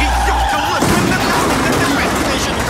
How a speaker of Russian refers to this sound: Авто врезалось в столб.